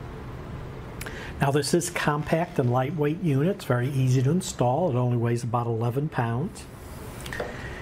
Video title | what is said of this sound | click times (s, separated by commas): etrailer - Feature Breakdown: Excel RV Tankless Water Heater | you want to put it back on it will just snap right into place | 1.0 s, 1.1 s